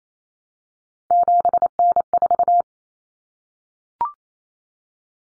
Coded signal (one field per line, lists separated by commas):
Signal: Morse code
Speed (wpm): 28 wpm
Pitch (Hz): 700 Hz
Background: none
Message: 7N4